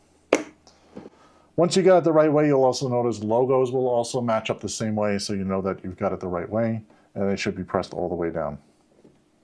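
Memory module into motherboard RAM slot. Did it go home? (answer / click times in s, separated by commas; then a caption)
no / none. A DDR4 memory module is handled at a motherboard RAM slot, and nothing has seated or clicked yet. A sharp tap sounds at 0.3 s and a faint one at 0.7 s, then someone talks for most of the clip.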